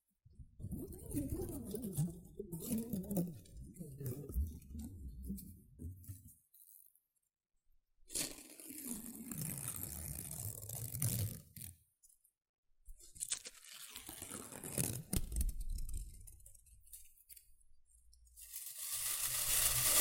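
Rustling and crinkling of shredded tissue and packing peanuts comes in separate bursts, with near-silent pauses around 7 and 12 seconds. The handling is dense and uneven, mixing soft low rubbing with bright, crackly detail, and the final stretch grows louder and hissier.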